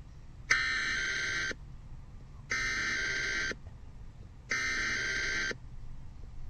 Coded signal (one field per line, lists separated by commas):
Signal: Emergency Alert System (SAME) tones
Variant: header bursts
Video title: EAS Wind Chill Advisory/Winter Storm Warning Alaska Panhandle NOAA Weather Radio